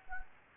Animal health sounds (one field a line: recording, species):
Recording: mosquito wingbeat signal from an infrared sensor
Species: Anopheles gambiae